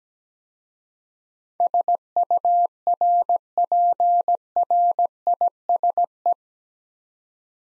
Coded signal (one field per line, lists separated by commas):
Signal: Morse code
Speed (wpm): 17 wpm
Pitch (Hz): 700 Hz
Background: none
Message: SURPRISE